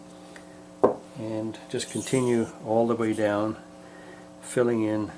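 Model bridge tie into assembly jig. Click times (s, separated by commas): 0.8 s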